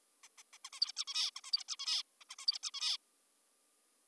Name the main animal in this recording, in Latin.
Taeniopygia guttata